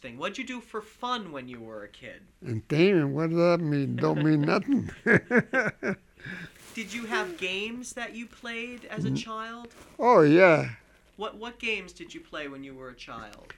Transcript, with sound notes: What did you do for fun when you were a kid?
Entertainment? What does that mean? It don't mean nothing. ( he laughs )
Did you have games that you played as a child?
Oh, yeah.
What games did you play when you were a child?